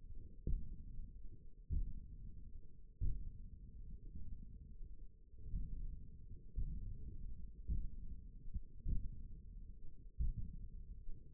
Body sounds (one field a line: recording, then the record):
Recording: forearm muscle sounds (acoustic myography)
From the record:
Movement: index flexion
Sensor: system 1, eight BSWA MPA416 microphones around the upper forearm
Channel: 2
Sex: male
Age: 20 years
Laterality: left